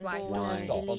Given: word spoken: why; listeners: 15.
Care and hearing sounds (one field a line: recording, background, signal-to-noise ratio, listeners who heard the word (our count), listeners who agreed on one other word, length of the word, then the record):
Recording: one English word in noise, from a listening test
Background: four-talker babble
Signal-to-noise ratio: -2.2 dB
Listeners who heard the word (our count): 1 of 15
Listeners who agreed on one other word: 9 of 15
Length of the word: 0.59 s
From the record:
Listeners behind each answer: 9, 2, 1, 1, 1, 1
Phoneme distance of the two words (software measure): 7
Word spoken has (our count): 1 syllable, 2 phonemes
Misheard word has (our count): 1 syllable, 3 phonemes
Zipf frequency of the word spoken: 6.02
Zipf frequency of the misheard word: 4.84